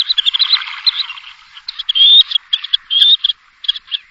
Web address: jean roche grebe a cou noir